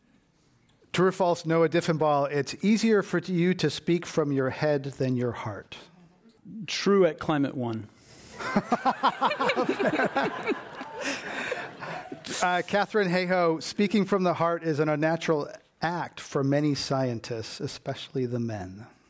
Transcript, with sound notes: True or false, Noah Diffenbaugh. It’s easier for you to speak from your head than your heart?
True at Climate One.
[Laughter]
Katharine Hayhoe, speaking from the heart is an unnatural act for many scientists, especially the men?